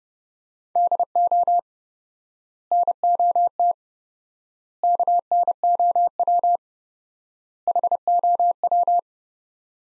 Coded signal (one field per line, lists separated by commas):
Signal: Morse code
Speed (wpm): 31 wpm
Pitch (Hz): 700 Hz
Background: none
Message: DO NOT KNOW HOW